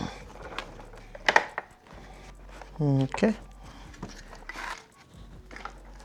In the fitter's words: and we should hear some clicks